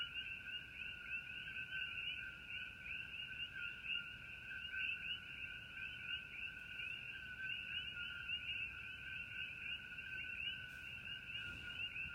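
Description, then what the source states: Common coquí, a thick unbroken chorus of two-note calls with rising upper notes, plus two brief soft clicks near the end over low background noise. Coquí frogs at night under a starry sky.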